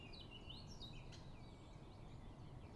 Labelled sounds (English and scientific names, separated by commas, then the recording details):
Great Spotted Woodpecker (Dendrocopos major)
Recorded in Germany
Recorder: ecoPi